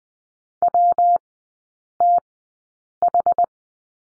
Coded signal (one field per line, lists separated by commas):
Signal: Morse code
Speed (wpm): 20 wpm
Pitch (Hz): 700 Hz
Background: none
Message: WTH